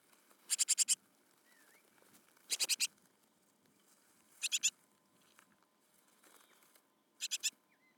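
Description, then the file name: Great tit churring calls, short harsh bursts of three to five rapid buzzy notes, repeated every few seconds over a faint hiss. "Parus major"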